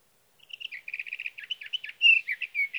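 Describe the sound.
Sage thrasher song: a fast warbling stream of clipped, repeated notes, then louder slurred whistles near the end, continuous and varied.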